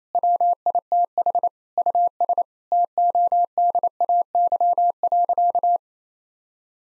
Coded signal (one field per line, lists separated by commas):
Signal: Morse code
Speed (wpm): 28 wpm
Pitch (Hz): 700 Hz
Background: none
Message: WITH US TODAY.